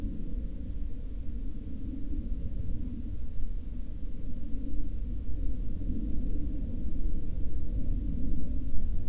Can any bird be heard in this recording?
no